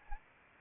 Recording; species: mosquito wingbeat signal from an infrared sensor; Anopheles arabiensis